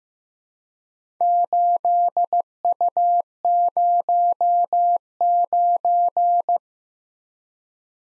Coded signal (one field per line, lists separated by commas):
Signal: Morse code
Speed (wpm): 15 wpm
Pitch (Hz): 700 Hz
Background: none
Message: 8U09